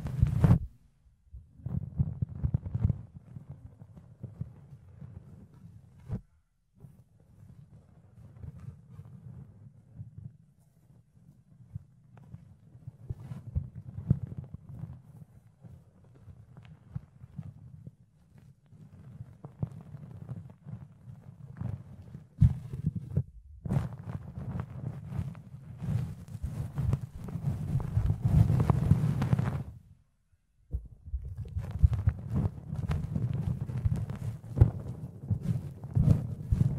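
Fluffy ear cleaning makes a soft, dense rustling and scratching that runs low and muffled for most of the clip, with brief silent gaps near 1, 6 and 30 seconds. From about 23 to 30 seconds the rubbing grows louder and brighter, with crisp scraping strokes.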